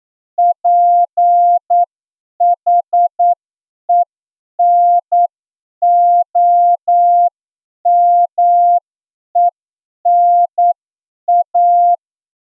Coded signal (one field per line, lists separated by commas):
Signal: Morse code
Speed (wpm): 9 wpm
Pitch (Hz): 700 Hz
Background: none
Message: PHENOMENA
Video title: Are you ready for Morse code receiving Examination? (Special Edition) – ASOC Tutorials India